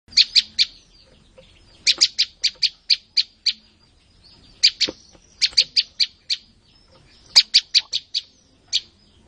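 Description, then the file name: Olive-backed tailorbird giving a piercing, high chip series, with each burst of several evenly spaced notes repeated after a short rest. "suara burung prenjak lumut. omkicau"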